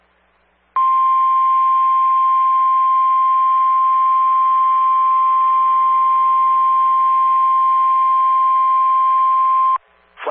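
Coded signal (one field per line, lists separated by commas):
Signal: Emergency Alert System (SAME) tones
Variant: 1050 Hz attention tone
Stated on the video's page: Real Flash Flood Emergency EAS alert received on a NOAA Weather Radio station.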